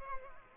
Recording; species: mosquito wingbeat signal from an infrared sensor; Culex pipiens